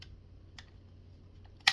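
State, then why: Seated. A removable plastic mounting bracket is slid into the slot on the back of a Sprleaf 4 Channel Dash Cam unit, with faint light ticks near 0.0 s, 0.6 s and 1.6 s over a low hum. A sharp, loud click at 1.7 s marks the bracket snapping into place, fully seated.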